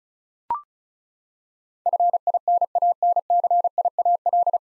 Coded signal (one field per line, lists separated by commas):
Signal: Morse code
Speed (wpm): 36 wpm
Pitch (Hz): 700 Hz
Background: none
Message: FINANCIAL